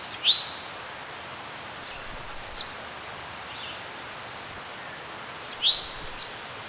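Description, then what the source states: Birds chirping: a short high rising note, then a bright, rapid twittering phrase near the top of hearing, repeated once after a pause, over a soft steady hiss. Birds chirping in a serene forest.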